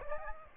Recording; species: mosquito wingbeat signal from an infrared sensor; Aedes aegypti